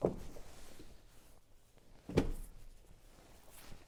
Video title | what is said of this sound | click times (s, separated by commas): Why This Is The BEST Under Seat Storage For Your Cybertruck | And that locks in place perfectly. | 2.2 s